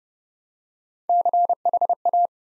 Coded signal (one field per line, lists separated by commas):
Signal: Morse code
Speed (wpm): 30 wpm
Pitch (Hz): 700 Hz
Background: none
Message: CHA